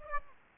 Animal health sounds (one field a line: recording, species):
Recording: mosquito wingbeat signal from an infrared sensor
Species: Aedes aegypti